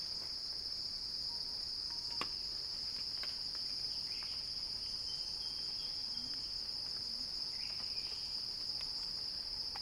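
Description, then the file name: Cicada buzzing in a constant high whine, with a sharp click near the start and occasional faint chirps. Recording titled as a cicada crescendo. "earth-fm Axel-Drioli Cicada-Crescendo-Sounding-Wild"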